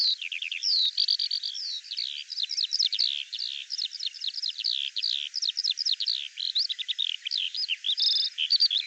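Bird song, a lively sequence of sharp descending chirps and quick trills, with a short buzzy note near the end.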